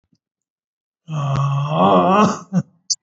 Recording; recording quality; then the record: sustained vowel as in made; excellent, no background noise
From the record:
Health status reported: COVID-19 positive, mild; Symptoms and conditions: cough, fever, fatigue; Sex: male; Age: 62 years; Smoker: not ticked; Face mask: not worn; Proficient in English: yes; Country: India